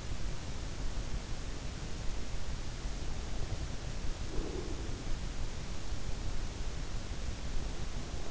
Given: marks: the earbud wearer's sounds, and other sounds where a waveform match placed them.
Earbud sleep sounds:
sounds in sleep by an in-ear microphone; breath
4.05-5.08 s: breath

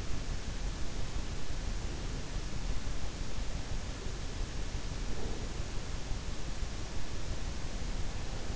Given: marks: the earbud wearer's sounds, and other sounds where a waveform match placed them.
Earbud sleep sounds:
sounds in sleep by an in-ear microphone; breath
4.99-5.70 s: breath

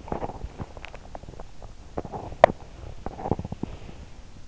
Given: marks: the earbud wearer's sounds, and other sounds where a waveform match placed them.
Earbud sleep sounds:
sounds in sleep by an in-ear microphone; teeth grinding
0.00-4.07 s: teeth grinding

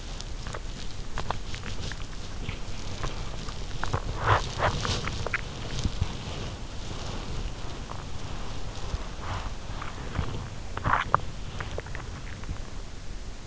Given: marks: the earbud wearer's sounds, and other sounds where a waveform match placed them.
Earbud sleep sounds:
sounds in sleep by an in-ear microphone; body movement, swallowing
0.00-13.47 s: body movement
5.13-5.62 s: swallowing
10.68-12.70 s: swallowing

